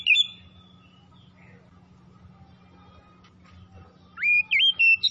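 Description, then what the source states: Oriental magpie-robin: a short whistled note at the start, then a quick burst of clear, rising and falling whistles over a low hum. Called by the Indonesian name kacer; described as gacor, singing persistently, in full song; Tretes named alongside.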